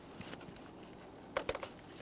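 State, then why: Seated. An electrical connector is lined up and pushed into its mating plug at the radiator fan assembly of a 2011–2019 Ford Explorer during an AC condenser replacement. Two sharp clicks ring out at 1.4 s and 1.5 s over a quiet background, and the connector snaps in and is seated.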